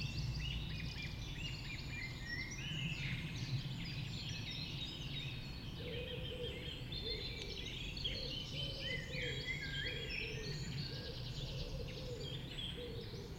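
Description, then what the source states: Dawn chorus: birds singing together, busy trills and chirps overlapping, plus a lower repeated note entering midway, over low rumbling background noise. Dawn chorus recorded just after dawn in the Forest of Dean.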